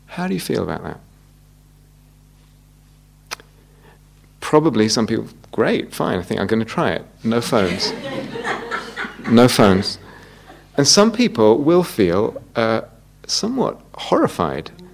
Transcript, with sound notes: How do you feel about that? Probably some people, "Great, fine. I think I'm going to try it." No phones! [laughter] No phones! And some people will feel somewhat horrified,